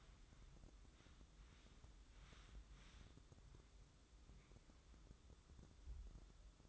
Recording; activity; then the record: daily activity, microphone in the room; wipe stove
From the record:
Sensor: 3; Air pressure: 996.0 hPa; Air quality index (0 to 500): 92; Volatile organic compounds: 11 ppm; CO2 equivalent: 2282 ppm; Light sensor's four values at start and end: 26/80/33/28 and 26/80/33/28